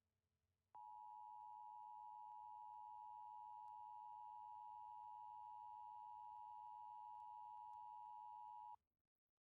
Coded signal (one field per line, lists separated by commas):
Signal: Emergency Alert System (SAME) tones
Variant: 853 and 960 Hz attention tone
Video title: California Severe Weather Outbreak An EAS Scenario Part One Initial round of storms